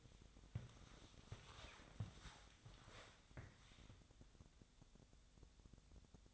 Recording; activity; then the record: daily activity, microphone in the room; walk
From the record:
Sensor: 3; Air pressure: 1000.4 hPa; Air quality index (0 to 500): 161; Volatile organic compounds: 3 ppm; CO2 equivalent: 1410 ppm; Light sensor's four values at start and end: 13/31/13/13 and 15/39/15/17